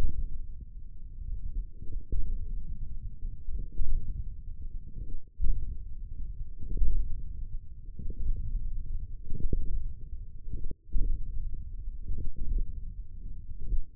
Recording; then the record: forearm muscle sounds (acoustic myography)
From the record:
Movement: hand opening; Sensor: system 1, eight BSWA MPA416 microphones around the upper forearm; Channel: 3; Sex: male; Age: 28 years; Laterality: right